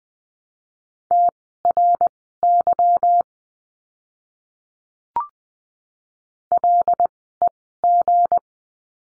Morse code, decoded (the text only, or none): TRY LEG